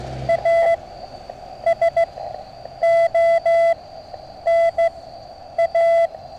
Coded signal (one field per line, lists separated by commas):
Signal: Morse code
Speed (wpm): 14 wpm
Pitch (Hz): 670 Hz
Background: none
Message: A S O N A